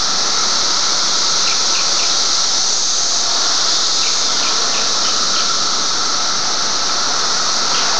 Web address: fleur cicadas - cicadas 4 may 312004